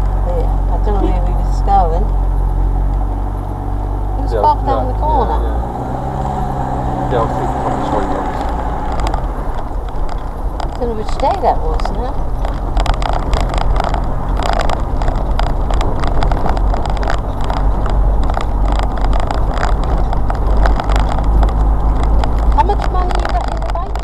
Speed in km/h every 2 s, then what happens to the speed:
8, 10, 15, 21, 27, 32, 35, 35, 35, 37, 39, 37.
0-11 speeds up to 35. 11-24 steady at about 35.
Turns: 0-9.